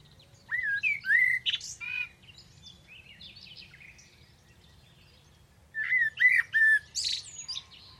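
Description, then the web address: Bird uttering a burst of squeaky chirps and squawky notes, then a quieter gap of several seconds before a second similar burst. "cianscape birddata Deverinetal 2025 Bird Only Tu Me"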